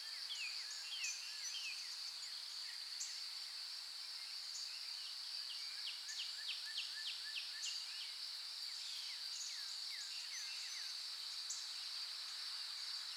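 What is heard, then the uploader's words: Birds call throughout a forest, with dense overlapping chirps and quick high trills, including a fast run of notes around six to seven seconds. A steady high insect drone hums underneath the whole time, and the low range stays quiet. Birds in the Forest White Noise.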